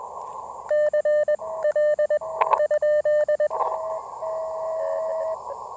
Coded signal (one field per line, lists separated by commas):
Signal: Morse code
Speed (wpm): 21 wpm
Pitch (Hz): 1800 Hz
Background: none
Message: CL ?